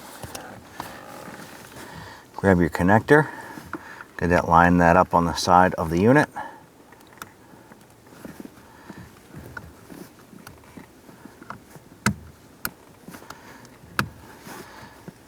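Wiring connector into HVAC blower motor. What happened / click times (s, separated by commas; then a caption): The connector is handled but not yet heard seating / none. An electrical wiring connector is handled and lined up on the side of the heater blower motor unit with fan cage of a 2006–2013 Chevrolet Impala, to be pressed in. Someone talks near the start, followed by quiet handling noises and a few sharp taps near the end. Nothing has seated or clicked yet.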